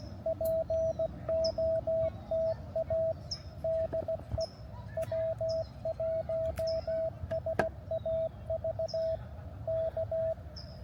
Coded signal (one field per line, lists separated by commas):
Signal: Morse code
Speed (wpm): 17 wpm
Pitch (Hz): 650 Hz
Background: radio noise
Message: POTA DE W1SAV K